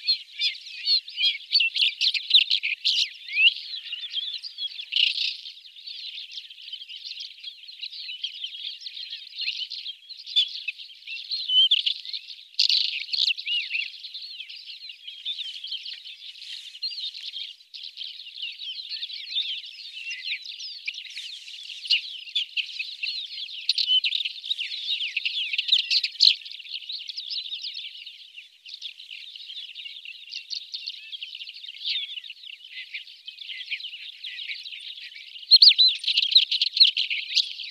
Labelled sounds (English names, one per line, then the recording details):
Isabelline Wheatear song
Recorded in the wild
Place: Taukumwüste, KZ
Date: 2000-05-18
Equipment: MiniDisc Sharp MT 20 H
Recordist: Schwarz, Dieter